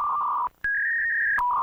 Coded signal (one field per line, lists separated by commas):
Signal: fax machine handshake